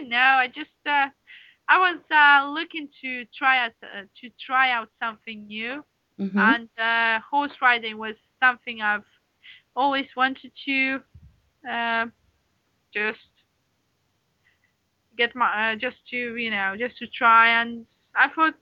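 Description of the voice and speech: A young adult woman who has stammered for 15 years speaks in short, deliberate bursts with frequent pauses, including a silent block of almost two seconds before a word. She repeats phrases ('to try… to try', 'just to… just to') and stretches filler sounds. These are features of stuttering in a recovering stammerer.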